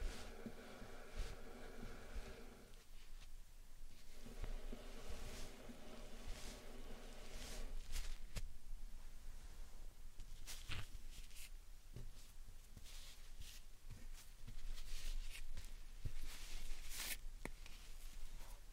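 Slime and sand being handled, with soft squishing and grainy crackles that fill the whole clip. A steady humming layer runs through the first seven seconds, then gives way to sharper sticky pops and clicks, scattered irregularly and bunching near eleven and seventeen seconds.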